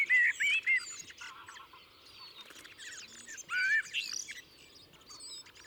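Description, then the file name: Common blackbird song: fluty warbling phrases with thin high twittering, in two bursts separated by a pause. "Turdus merula"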